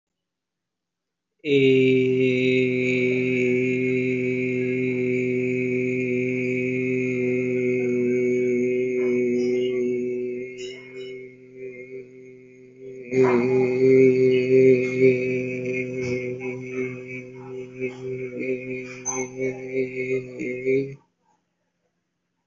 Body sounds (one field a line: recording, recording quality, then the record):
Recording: sustained vowel as in made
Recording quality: excellent, no background noise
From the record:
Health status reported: healthy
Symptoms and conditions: none ticked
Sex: male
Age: 22 years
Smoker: not ticked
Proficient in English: yes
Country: India